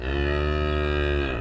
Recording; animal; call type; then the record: contact call of a hoofed animal; cattle; low-frequency (closed-mouth) or high-frequency (open-mouth) call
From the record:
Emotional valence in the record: negative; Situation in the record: full separation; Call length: 1.41 s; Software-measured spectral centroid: 1760 Hz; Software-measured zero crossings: 1320 a second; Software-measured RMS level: -24 dBFS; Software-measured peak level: -12 dBFS